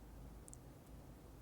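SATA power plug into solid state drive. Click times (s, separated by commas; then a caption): 0.5 s. A SATA power connector, lined up by its notch, is pushed onto a solid state drive. Two short, bright clicks at 0.5 s and 0.5 s stand out over a steady low hum, and the plug seats in.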